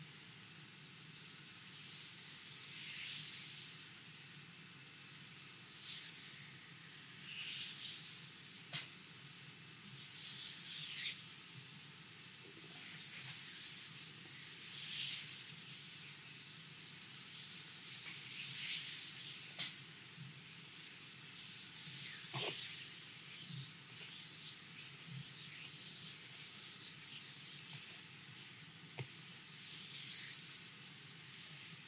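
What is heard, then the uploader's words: A Hawaiian lomi lomi massage, heard as a steady hiss of hands sliding over skin, swelling and easing every second or two. A low, constant hum runs underneath, and a few sharp little taps land near 9, 20, 22 and 29 seconds. ASMR Hawaiian lomi lomi massage.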